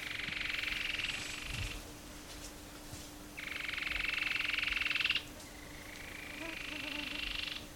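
Cherrie's antwren trilling: three long, rapid, even pulsed trills separated by short pauses, over a steady low hum.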